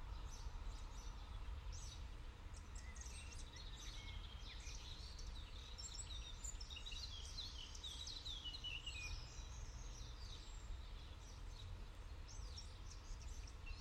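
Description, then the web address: Birds chirp and twitter in a busy chorus of high calls and whistles, over a constant low traffic hum. Early morning in a city park in Paris, France, with distant traffic. "Tom Hutchings Europe France Paris City Park Early Morning Birds Distant Traffic"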